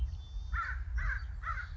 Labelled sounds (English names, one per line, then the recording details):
American Crow
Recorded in Sonoma County, California